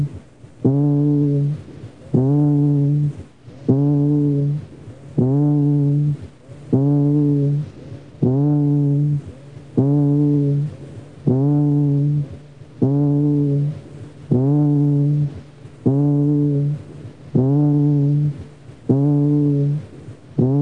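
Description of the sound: About fifteen repeated, sustained low-pitched voiced sounds heard through the chest with a stethoscope: egophony, an adult's voice transmitted through the chest wall with selectively amplified higher frequencies.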